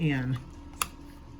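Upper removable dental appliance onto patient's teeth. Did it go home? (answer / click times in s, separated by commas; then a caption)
yes / 0.8 s. An upper removable cosmetic dental appliance is fitted over a patient's existing teeth. Someone talks at the start, then a single sharp snap is heard at 0.8 s as the appliance seats.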